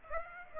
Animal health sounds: mosquito wingbeat signal from an infrared sensor; Aedes aegypti

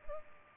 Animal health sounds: mosquito wingbeat signal from an infrared sensor; Culex pipiens

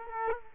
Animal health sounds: mosquito wingbeat signal from an infrared sensor; Culex quinquefasciatus

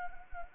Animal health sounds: mosquito wingbeat signal from an infrared sensor; Anopheles arabiensis

